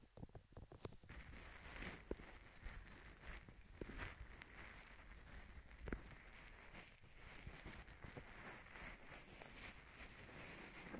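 Ear to ear cupping: soft hollow rustling and muffled rubbing that shifts steadily from side to side, with a dense, airy hiss throughout. Brief crisp taps and scratchy clicks break through every second or so, sharpest near the start and around six seconds.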